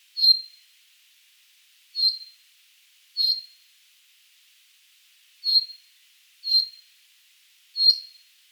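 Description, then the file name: Common chaffinch giving single sharp, clipped call notes, six in all, spaced irregularly against a quiet background. "Fringilla coelebs"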